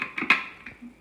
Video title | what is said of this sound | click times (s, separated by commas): Demo- Bubble Waffles, ice cream, and strawberries | locks into place there we go | 0.3 s